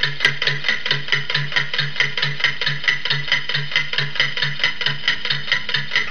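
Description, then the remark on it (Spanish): A mechanical clock ticks steadily, about three crisp, bright ticks per second in an even rhythm with a faint low hum beneath, continuous and alone with no voices. “Y eso va a suceder es con los relojes mecánicos.”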